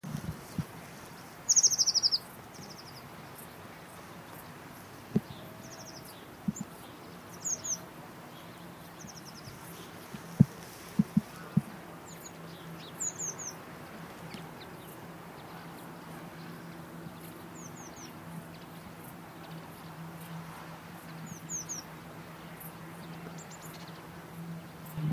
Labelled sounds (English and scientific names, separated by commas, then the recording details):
Eurasian Blue Tit (Cyanistes caeruleus) call
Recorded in the wild
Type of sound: call
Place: Kloster, Insel Hiddensee, Mecklenburg-Vorpommern, DE
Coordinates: 54.5792, 13.1025
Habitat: hedge
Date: 2012-09-11
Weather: 15°C, cloudy, almost windless
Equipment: Sound Devices 702, Sennheiser MKH 415 T, Rhode Windschutz
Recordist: Frommolt, Karl-Heinz
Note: Weidengebüsch am Strandübergang: Rufe von Blaumeisen